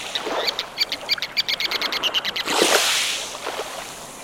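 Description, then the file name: Ruddy turnstone's short, fast series of hard chattering notes, followed by a loud rushing wash of noise. "Ruddy Turnstone - Arenaria interpres"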